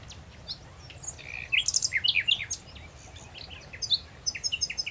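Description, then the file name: Common nightingale singing a run of varied phrases, sharp rising and falling notes, then a short pulsed series near the end. "Luscinia megarhynchos"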